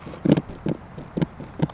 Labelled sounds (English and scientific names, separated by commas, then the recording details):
Savannah Sparrow (Passerculus sandwichensis)
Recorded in Sonoma County, California